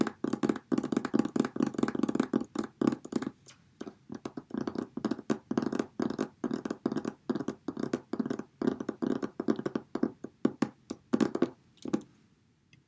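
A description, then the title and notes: A hard cover book is handled: a quick, dense run of dry thumps, taps and rustles, several per second, mostly low and papery. The activity keeps up steadily for about twelve seconds, then stops, leaving near silence. Hard Cover Book.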